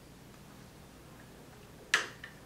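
A small oxygen regulator assembly is fitted onto a disposable oxygen cylinder for oxygenation during home brewing, with quiet background before a sharp pop at 1.9 s and a fainter tick at 2.2 s. The regulator seats into place at 1.9 s.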